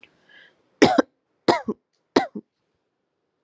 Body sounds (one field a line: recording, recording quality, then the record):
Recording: shallow voluntary cough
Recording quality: excellent, no background noise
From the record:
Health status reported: COVID-19 positive, mild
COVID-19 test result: positive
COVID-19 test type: RT-PCR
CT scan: not taken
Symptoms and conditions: cough, cold, fever, fatigue, muscle pain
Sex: female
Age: 26 years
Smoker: no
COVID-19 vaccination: both doses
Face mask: not worn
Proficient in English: yes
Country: India